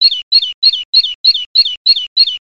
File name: Great Tit